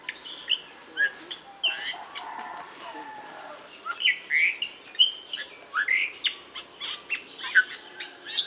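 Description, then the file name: Bali myna calls: scratchy squawks at first, then a lively series of loud, slurred whistles and harsh notes, several per second, toward the end. "jalak bali"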